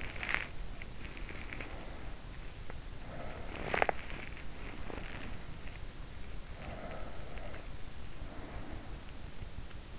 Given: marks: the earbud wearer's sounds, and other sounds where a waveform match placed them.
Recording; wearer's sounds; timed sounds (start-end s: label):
sounds in sleep by an in-ear microphone; body movement, breath
0.00-1.94 s: body movement
2.85-5.43 s: body movement
6.63-9.31 s: breath